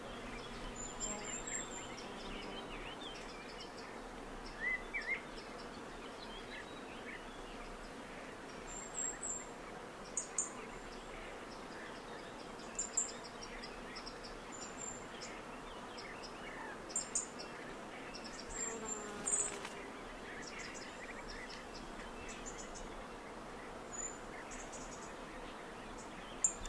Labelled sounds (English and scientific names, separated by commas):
Eurasian Blackcap (Sylvia atricapilla) song